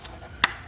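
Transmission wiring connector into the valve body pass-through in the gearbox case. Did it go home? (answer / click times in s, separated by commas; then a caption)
yes / 0.4 s. The transmission wiring connector is plugged into the valve body pass-through in the case of a BMW X5's ZF 6HP 6-speed gearbox during a transmission service. Its locking lever is pulled down and clockwise until it gives one sharp, loud click at 0.4 s, after a faint tap near 0.1 s. The connector is seated and locked.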